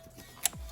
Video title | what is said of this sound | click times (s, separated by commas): Range Rover Evoque 2014 How to repair Radiator and capacitor for car | make sure you hear the click noise | 0.5 s